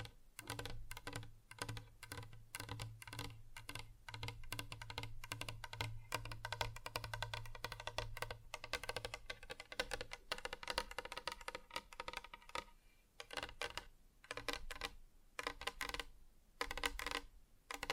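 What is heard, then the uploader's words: Fingers tap rapidly on a hard surface, a dense, fast patter of short clicky strikes much like typing on a keyboard. A low steady hum runs underneath for the first ten seconds, then fades, and the tapping grows sparser and more uneven toward the end. ASMR Just Tapping (Different Surfaces No Talking).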